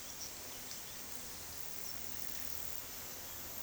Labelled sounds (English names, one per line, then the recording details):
none
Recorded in pastures near Puerto Asís, Putumayo, Colombia, on 19 February 2024 at 14:00
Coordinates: 0.468, -76.328
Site G6414